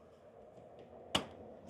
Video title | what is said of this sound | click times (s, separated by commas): Light Up Your Yard! Simple Solar Spotlight Installation Guide | slide it down till it clicks. | 1.2 s